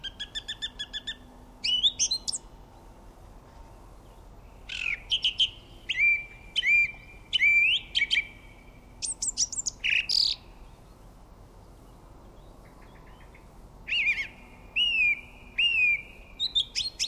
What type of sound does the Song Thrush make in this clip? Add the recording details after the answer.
song. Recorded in the wild. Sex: male. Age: adult. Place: Erlangen, Bayern, DE. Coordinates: 49.6086, 10.9697. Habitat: wood. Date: 1962-04-03. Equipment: Stellavox SM 4a, Original, Vollspur. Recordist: Tretzel, Erwin